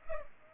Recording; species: mosquito wingbeat signal from an infrared sensor; Culex pipiens